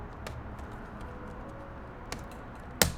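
A plastic LEGO Technic element is pushed further home into the model assembly of LEGO set 10300, the Back to the Future DeLorean Time Machine. Faint ticks at about 0.3 and 2.1 s are followed by a sharp, bright click at 2.8 s. It is the second of three required clicks, and the part seats.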